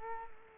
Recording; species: mosquito wingbeat signal from an infrared sensor; Culex quinquefasciatus